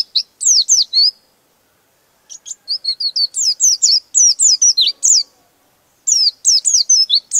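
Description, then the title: White-eye with a lively, high-pitched twittering song of quick slurred notes, short opening burst, then a longer rambling phrase and another burst. "Pleci"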